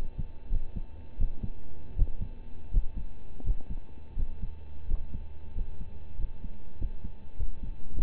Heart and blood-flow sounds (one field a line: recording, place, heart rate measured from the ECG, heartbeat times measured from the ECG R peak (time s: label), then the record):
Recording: heart sounds by stethoscope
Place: between the tricuspid and mitral areas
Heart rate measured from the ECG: 89 bpm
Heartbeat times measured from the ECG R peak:
0.49 s: heartbeat
1.17 s: heartbeat
1.95 s: heartbeat
2.70 s: heartbeat
3.43 s: heartbeat
4.15 s: heartbeat
4.86 s: heartbeat
5.53 s: heartbeat
6.17 s: heartbeat
6.77 s: heartbeat
7.36 s: heartbeat
7.93 s: heartbeat
From the record:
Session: rest, lying down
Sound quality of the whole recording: partially saturated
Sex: male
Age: 25 years